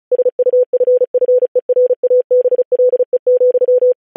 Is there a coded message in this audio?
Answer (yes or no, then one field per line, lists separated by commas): yes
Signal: Morse code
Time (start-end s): 0.1-3.9 s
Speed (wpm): 36 wpm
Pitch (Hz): 500 Hz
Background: none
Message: SUFFERABLE,